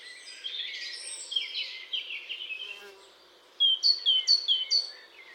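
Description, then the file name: Great tit calls: a rough, buzzy, scratchy run of notes, a short pause, then several clear, high, down-slurred ringing notes in quick succession. "Parus major"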